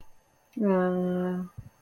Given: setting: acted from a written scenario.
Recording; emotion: vocal sound without words; sympathy